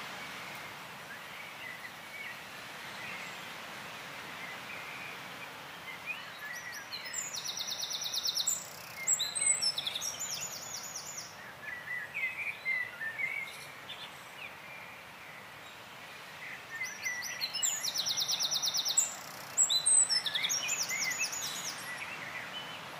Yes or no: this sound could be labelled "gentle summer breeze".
yes